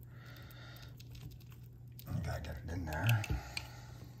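Someone handles the latch of a combination lock box, working it toward being pushed shut, with soft rustling and handling noises and someone talking. The clip ends before the latch locks; nothing has seated or clicked yet.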